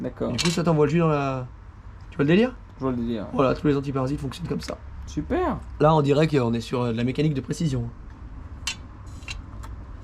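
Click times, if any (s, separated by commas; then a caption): 8.7 s. While restoring a YCF pit bike, a spark plug suppressor cap is pushed onto the spark plug of the small motorcycle. Someone talks for most of the clip, then after a quieter stretch a small, sharp click is heard at 8.7 s, with a fainter tick at 9.3 s. The cap is seated on the plug, and the fit is judged perfect.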